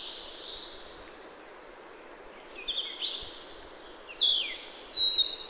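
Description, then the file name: European robin: after a faint high note, a European robin gives a few sliding, squeaky phrases that grow louder toward the end. "Erithacus rubecula"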